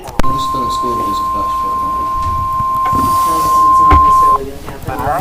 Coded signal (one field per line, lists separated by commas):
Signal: Emergency Alert System (SAME) tones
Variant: 1050 Hz attention tone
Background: speech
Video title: TROPICAL THUNDERSTORMS... EAS Compilation from 8/21/2022 - 8/22/2022 (Alerts #21-33)